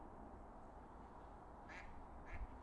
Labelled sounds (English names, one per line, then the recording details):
Mallard
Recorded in Germany
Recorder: ecoPi